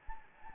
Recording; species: mosquito wingbeat signal from an infrared sensor; Anopheles gambiae